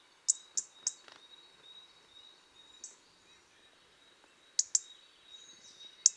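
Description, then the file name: European robin calls: bright clicking ticks, three in quick succession, a lone one, another cluster, then a final tick, over a thin continuous high whine. "Erithacus rubecula"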